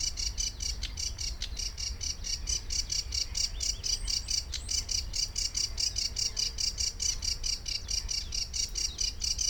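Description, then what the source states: Sedge warbler song as a long, fast series of high dry notes, with brief whistled slurs woven in and a low rumble underneath. Recorded at the Ammersee on 22 June 2014.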